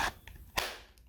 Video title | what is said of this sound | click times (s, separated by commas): KIMO Cordless Drill Driver Kit | All right, so it does lock into place, which is quite nice. | 0.6 s